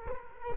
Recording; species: mosquito wingbeat signal from an infrared sensor; Culex quinquefasciatus